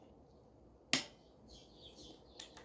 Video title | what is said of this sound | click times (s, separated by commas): 2012 – 2021 Land Rover Range Rover L405 5.0L Timing Failure and Repair - PART 2 of 3 - Engine Build | Got it on here already. You're going to hear the click. | 0.9 s